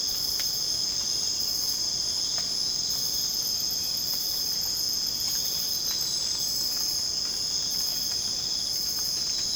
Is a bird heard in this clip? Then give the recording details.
no. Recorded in dense forest near Puerto Asís, Putumayo, Colombia, on 25 June 2025 at 04:00. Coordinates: 0.486, -76.317. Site G065